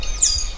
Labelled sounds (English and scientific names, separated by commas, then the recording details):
Stitchbird (Notiomystis cincta) song
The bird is a male
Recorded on Tiritiri Matangi Island, New Zealand, in 2005
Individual 12, of nest box 16